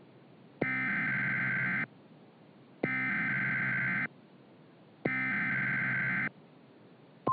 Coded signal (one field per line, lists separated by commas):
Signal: Emergency Alert System (SAME) tones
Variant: header bursts